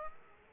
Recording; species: mosquito wingbeat signal from an infrared sensor; Aedes aegypti